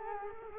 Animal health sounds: mosquito wingbeat signal from an infrared sensor; Culex quinquefasciatus

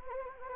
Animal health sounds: mosquito wingbeat signal from an infrared sensor; Anopheles gambiae

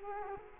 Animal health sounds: mosquito wingbeat signal from an infrared sensor; Culex quinquefasciatus

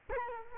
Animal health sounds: mosquito wingbeat signal from an infrared sensor; Culex quinquefasciatus

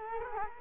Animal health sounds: mosquito wingbeat signal from an infrared sensor; Culex quinquefasciatus

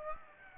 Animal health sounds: mosquito wingbeat signal from an infrared sensor; Aedes aegypti

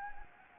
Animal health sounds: mosquito wingbeat signal from an infrared sensor; Anopheles gambiae

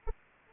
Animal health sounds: mosquito wingbeat signal from an infrared sensor; Anopheles arabiensis

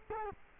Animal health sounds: mosquito wingbeat signal from an infrared sensor; Culex quinquefasciatus

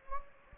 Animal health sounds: mosquito wingbeat signal from an infrared sensor; Anopheles gambiae

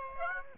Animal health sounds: mosquito wingbeat signal from an infrared sensor; Aedes aegypti

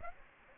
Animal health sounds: mosquito wingbeat signal from an infrared sensor; Aedes aegypti

